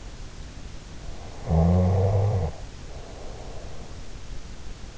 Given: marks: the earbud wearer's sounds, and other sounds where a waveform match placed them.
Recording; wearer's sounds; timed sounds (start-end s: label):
sounds in sleep by an in-ear microphone; snoring breath
1.30-4.15 s: snoring breath